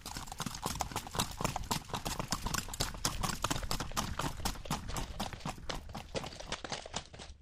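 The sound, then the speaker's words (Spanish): A criollo mare with a trotting-galloping gait strikes the ground in a brisk, steady trotting rhythm, sharp clip-clopping beats following one another evenly for several seconds with no voices. “Esta yegua se llama Linda, yo creo que es hija de ese caballo caporal de Dimensiones Masí”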